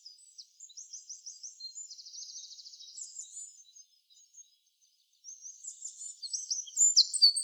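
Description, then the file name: Eurasian wren song, a thin, high trill with quick twittering notes, a short pause, then louder sharp high notes at the end. "Troglodytes troglodytes"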